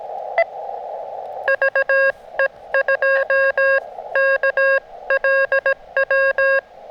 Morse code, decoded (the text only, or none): VE2KLW